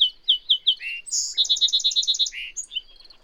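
Bird sings four quick downslurred whistles, a short buzzy note, then a fast trill of about nine ringing notes, finishing with a few softer chirps.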